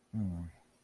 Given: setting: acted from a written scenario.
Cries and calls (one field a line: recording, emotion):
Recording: vocal sound without words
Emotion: contempt